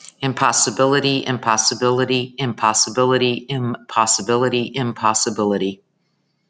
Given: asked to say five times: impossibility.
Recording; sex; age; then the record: repeated word; female; 40 to 49 years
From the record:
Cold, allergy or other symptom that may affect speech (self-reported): no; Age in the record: 42 years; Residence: Florida, United States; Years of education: 16